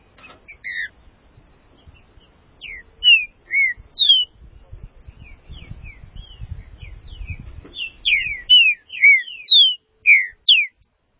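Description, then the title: Green-winged saltator song of separate sharp whistled slurs, some rising, some falling, with a burst of low rumbling noise midway. "Trinca Ferro"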